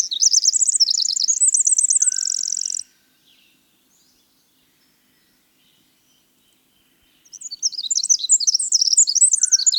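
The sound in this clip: Winter wren song of fast, squeaky warbles running into a buzzy trill, a long quiet gap, then another burst of rapid high notes.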